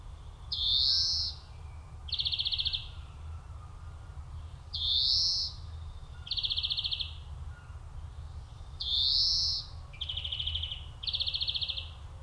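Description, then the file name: European Greenfinch alternating a drawn-out nasal wheeze with fast metallic trills, three wheezes roughly every four seconds, each followed by trilling, low background hum throughout. "Chloris chloris"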